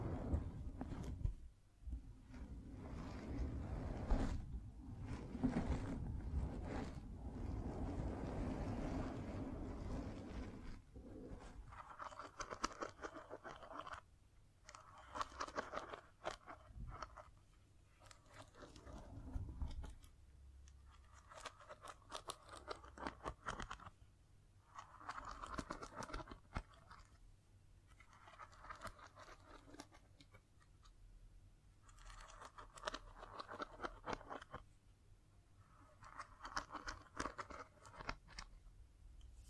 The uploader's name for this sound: Scratching, Tracing, Tapping